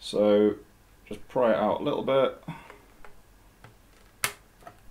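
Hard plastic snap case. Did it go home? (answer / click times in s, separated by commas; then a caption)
yes / 4.2 s. Someone talks while a clear plastic crystal case half is pried outward slightly and slid over the edge of a 3DS/3DS XL handheld game console, with a few faint ticks. It snaps into place with a sharp click at 4.2 seconds, seating the case half onto the console.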